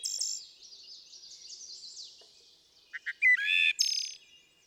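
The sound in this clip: Wood thrush phrase with two soft notes, a flute-like whistle and a high trill, after a stretch of thin high bird twittering in the background.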